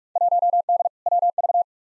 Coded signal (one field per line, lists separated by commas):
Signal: Morse code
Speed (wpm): 46 wpm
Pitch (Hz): 700 Hz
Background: none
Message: 1D WV